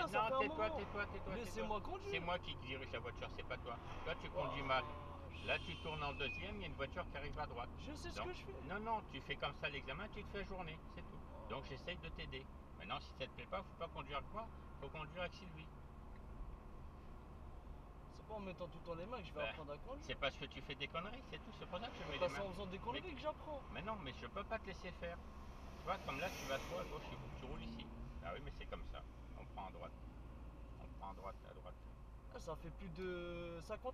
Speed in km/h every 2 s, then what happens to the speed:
46, 44, 41, 39, 37, 35, 36, 37, 37, 37, 38, 36, 32, 30, 29, 28, 32.
0-9 slows to 35. 9-21 steady at about 37. 21-29 slows to 28.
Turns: none.